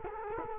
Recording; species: mosquito wingbeat signal from an infrared sensor; Culex quinquefasciatus